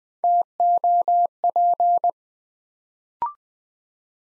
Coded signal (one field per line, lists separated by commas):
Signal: Morse code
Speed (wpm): 20 wpm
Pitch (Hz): 700 Hz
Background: none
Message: TOP